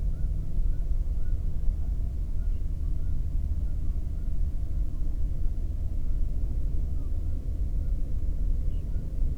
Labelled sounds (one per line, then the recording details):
songbird
waterfowl
man-made sound
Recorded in the Prudhoe Bay oil fields, Alaska, on 22 May 2019 at 00:32
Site 19